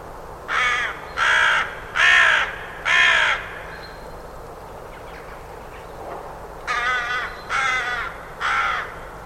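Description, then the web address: Bird giving loud, harsh caws: four evenly spaced, a pause of about three seconds, then three more, over a low steady background hum. "cianscape. Deverinetal 2025. Bird Only"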